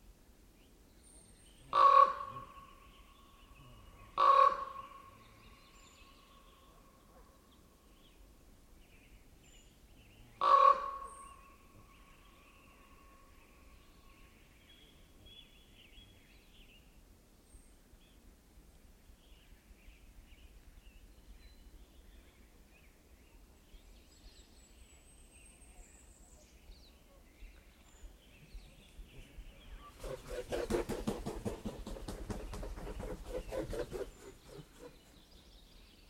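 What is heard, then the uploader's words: Ravens give three loud, hoarse croaks near the start, at about 2, 4 and 10 seconds, each trailing off with a short ring. A faint high whistle follows over a steady low rumble, then a dense, rapid rattling burst fills roughly seconds 30 to 34. There is a tucked-away lake in a secluded little valley in a wildlife refuge in Northeast Washington where every sound rings through like bells in winter. I happened to be recording shoreside at dawn when a pair of Ravens made their way in and around.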